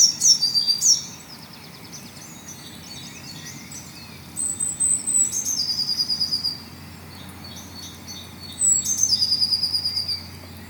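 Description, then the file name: Eurasian blue tit song: three phrases of high, thin notes each ending in a quick, even trill, repeated about every four seconds over light background noise. "Cyanistes caeruleus"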